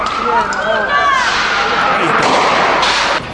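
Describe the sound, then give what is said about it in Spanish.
A few loud, sharp cracks and a heavier booming burst ring out over a dense, noisy wash, with wavering tonal sounds like shouts or whistles drifting through the first half. “¡Qué boom, boludo! ¡A los tiros!”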